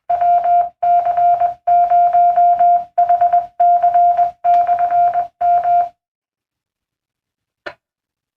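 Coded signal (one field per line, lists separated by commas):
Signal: Morse code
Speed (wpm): 20 wpm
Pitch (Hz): 700 Hz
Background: none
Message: WC0HC/M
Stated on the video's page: Live ham radio stream during severe weather entering Minneapolis/St. Paul, with Skywarn audio.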